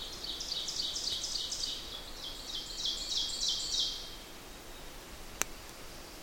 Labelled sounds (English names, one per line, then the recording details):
Ovenbird song
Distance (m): 25 m
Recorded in boreal forest in Alberta, Canada, on 8 June 2016 at 06:18
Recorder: SongMeter 3, array SBT-3-9
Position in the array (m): 89 m, 89 m
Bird 34